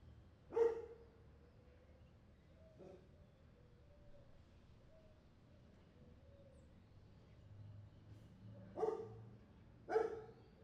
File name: ambiente calle prv bs as street dogs barking